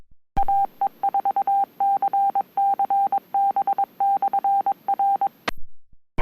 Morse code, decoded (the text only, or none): AE4CC B/R